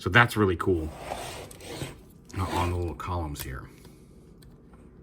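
Someone talks while handling the small greased plastic columns on a Fans Hobby Master Builder MB-20 X-LOAD transforming robot figure, which are meant to be pulled all the way up until they click into a raised position. Only faint handling ticks and rubbing are heard under the speech. Nothing has seated or clicked yet.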